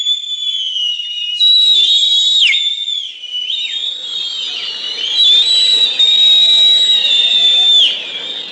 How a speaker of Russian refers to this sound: И свистеть, как он, никто из ребят не умел. Замечательный, нестерпимый посвист соловья-разбойника Тошка извлекал из своих 2 пальцев, засунутых в рот.